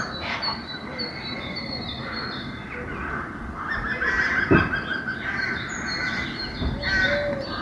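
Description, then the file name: Bird calls, nasal honks and short squawks overlapping from several birds throughout. "vogel"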